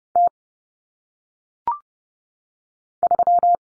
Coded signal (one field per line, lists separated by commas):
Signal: Morse code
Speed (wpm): 30 wpm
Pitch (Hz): 700 Hz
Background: none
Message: T 3